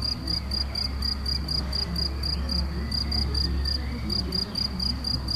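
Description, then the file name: Cricket song of rapid, evenly spaced high chirps, with a steady low hum underneath. Crickets recorded in Galicia on 24 May 2014 with an MZ-N 710 recorder. "MZ-N 710 Grillons la Galicia re 24 05 14"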